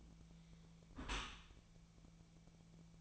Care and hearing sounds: daily activity, microphone in the room; close dishwasher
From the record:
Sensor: 1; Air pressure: 1000.5 hPa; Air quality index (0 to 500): 181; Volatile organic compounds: 4 ppm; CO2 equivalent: 1669 ppm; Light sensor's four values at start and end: 11/26/11/12 and 11/26/11/12

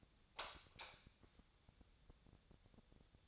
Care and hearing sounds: daily activity, microphone in the room; light off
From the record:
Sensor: 3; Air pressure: 1000.0 hPa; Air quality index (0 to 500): 122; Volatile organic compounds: 2 ppm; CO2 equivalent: 1093 ppm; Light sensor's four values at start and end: 40/105/44/48 and 38/97/41/45

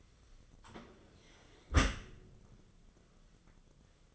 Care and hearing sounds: daily activity, microphone in the room; close dishwasher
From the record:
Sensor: 4

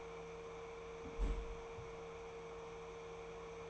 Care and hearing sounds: daily activity, microphone in the room; close fridge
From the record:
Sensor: 1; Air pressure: 1014.8 hPa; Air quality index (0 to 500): 192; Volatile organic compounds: 21 ppm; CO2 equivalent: 2721 ppm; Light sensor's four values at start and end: 15/38/16/18 and 17/42/17/20

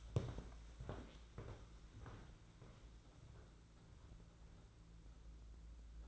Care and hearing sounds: daily activity, microphone in the room; walk to room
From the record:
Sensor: 3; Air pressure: 992.0 hPa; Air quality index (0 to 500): 227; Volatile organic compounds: 1000 ppm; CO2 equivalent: 7806 ppm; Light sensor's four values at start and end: 21/59/25/20 and 25/76/31/26

